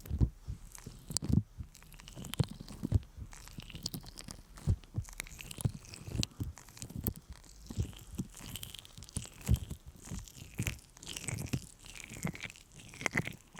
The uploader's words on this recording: ASMR Sticky Honey Ear Massage (No Talking).